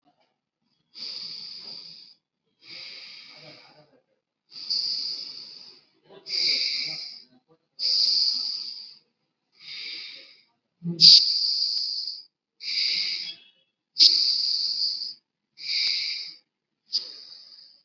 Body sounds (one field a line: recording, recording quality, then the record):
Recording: deep breathing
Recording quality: excellent, no background noise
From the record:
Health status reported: COVID-19 positive, mild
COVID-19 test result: positive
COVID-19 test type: RT-PCR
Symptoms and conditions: cough, sore throat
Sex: male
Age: 18 years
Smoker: no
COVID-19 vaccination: both doses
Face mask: worn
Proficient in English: yes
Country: India